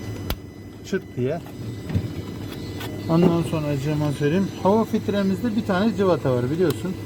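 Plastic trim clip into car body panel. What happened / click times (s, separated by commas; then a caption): The plastic clip snapped into place / 0.3 s. A plastic trim clip is pressed by hand into its hole in a car body panel and seats with a single sharp snap at 0.3 s. Afterward, someone talks.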